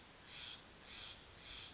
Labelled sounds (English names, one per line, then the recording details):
Steller's Jay
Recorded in Sonoma County, California